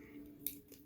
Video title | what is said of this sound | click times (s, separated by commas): Seige Nemesis Prime: Seige Optimus Prime Mold: WfC Netflix: Blindformers 10 | now once you get them past the windows nice little satisfying click there | 0.5 s